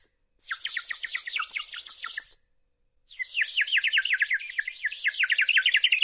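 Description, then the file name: Bird song: two rapid bursts of high, downward-sweeping chirps, the second louder and longer, separated by a short silent gap. "Ptaszki"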